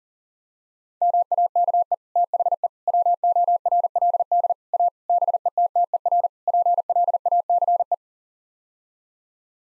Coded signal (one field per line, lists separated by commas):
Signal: Morse code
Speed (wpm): 40 wpm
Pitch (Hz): 700 Hz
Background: none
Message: MAKE THE WORLD A BETTER PLACE